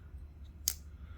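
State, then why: Seated. A slip joint pocket knife with a micarta handle is opened two-handed, and its blade snaps into its open detent against a strong backspring. A single sharp, bright click lands at 0.7 s over a low steady hum, and the blade is seated in place.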